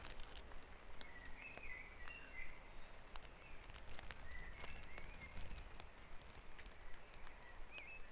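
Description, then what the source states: Birds singing at dawn, soft whistled notes and short warbles coming and going, with frequent clicks and a steady low hum beneath. Dawn chorus recorded on Back Dragon Avenue, Harrogate, as part of a sound map of the town.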